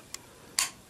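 On a Planet X Quirinus (FOC Slag) transforming figure, the chest plate and shoulders are brought up into robot mode and the plastic pegs are pushed into their ports. A faint sharp click sounds at 0.1 s, then a louder, bright snap at 0.6 s. The pegs seat in place.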